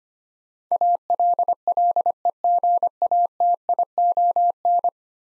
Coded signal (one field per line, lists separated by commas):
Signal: Morse code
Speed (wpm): 25 wpm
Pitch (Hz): 700 Hz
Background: none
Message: ALLEGATION